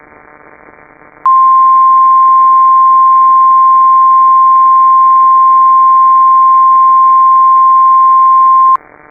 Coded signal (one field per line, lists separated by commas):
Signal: Emergency Alert System (SAME) tones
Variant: 1050 Hz attention tone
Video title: A Severe Disruption (EAS Scenario)